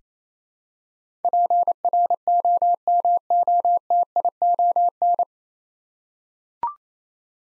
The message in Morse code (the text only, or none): PROMOTION